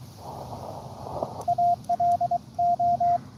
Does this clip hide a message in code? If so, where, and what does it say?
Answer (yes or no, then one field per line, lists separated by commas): yes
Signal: Morse code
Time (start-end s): 1.5-3.2 s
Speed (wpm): 23 wpm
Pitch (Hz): 700 Hz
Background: none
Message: ALO